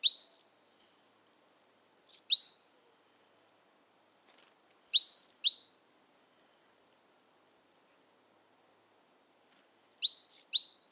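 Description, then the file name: Great tit giving crisp paired and tripled high notes in four separate bursts, pauses of a few seconds between them. "Parus major"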